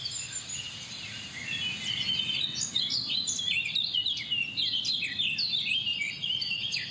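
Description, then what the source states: Eurasian Blackcap song starting quietly, then swelling into a rich, rapid warble of sliding whistles that runs to the end, with light background hiss. First one and a half to two seconds are a pumping 'tipiet' imitating European pied flycatcher song, then typical blackcap song.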